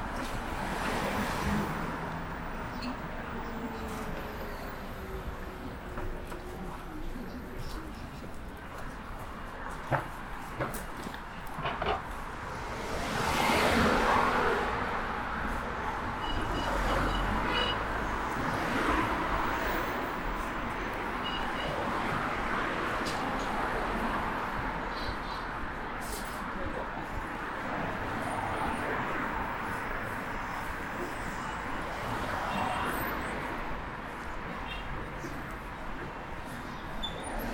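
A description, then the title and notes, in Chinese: City sound: a steady wash of traffic and street noise, swelling around fourteen seconds, with faint voices and brief bright clicks scattered throughout. 去香饵胡同吃小面｜城市声音。下午。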